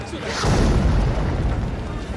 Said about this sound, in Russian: Бегите, бегите! Это Цепелин. Над городом завис огромный дирижабль с немецкими крестами на бортах. Начинают рваться бомбы.